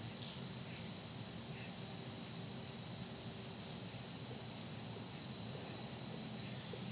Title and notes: Soundcast: Insects and Acorns. Recorded on a fall day that felt more like late summer, down to the insects droning like the heat. As a seasonal touch they were joined on percussion by the falling acorns. Blue Ion